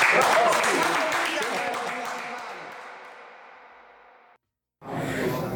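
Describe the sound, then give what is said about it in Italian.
A crowd at a factory workers' collective event at a gym in Bologna, Italy applauds in a dense, steady wash of clapping that gradually fades over several seconds, then cuts off briefly before noisy crowd sound and voices return. “Facciamoci un applauso, dai.”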